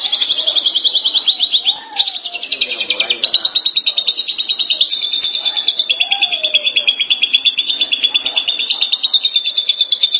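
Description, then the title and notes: Long-tailed Shrike song, a long run of quick, harsh, rattling notes with one brief pause. Recorded March 2017. "Pentet 201703. Suara burung pentet"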